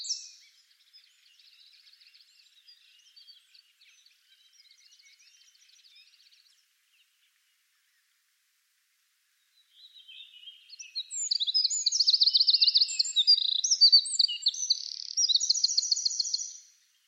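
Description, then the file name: Eurasian wren song: soft, faint twittering trills for several seconds, a pause, then a loud explosive run of sharp high notes and rattling trills. "Troglodytes troglodytes"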